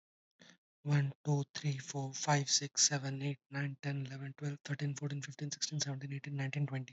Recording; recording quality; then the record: counting at a fast pace; excellent, no background noise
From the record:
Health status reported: healthy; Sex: male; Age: 25 years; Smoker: yes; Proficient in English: yes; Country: India